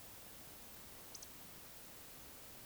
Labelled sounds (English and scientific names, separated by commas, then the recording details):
Eurasian Woodcock (Scolopax rusticola) whistle
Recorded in Baden-Württemberg, Germany, on 20 May 2021 at 19:51 UTC
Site 24606, 635 m above sea level